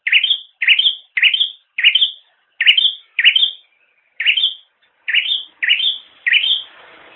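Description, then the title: Bird calling: ten short upswept chirps in quick bursts with brief pauses, ending with a soft hiss. "kikicau"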